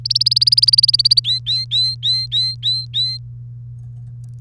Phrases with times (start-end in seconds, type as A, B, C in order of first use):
0.05-1.20 A, 1.24-3.17 B